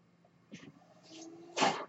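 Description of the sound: Soft airy puffs, then a loud rushing burst of air: a home mechanical ventilator cycling a breath.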